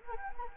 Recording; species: mosquito wingbeat signal from an infrared sensor; Anopheles gambiae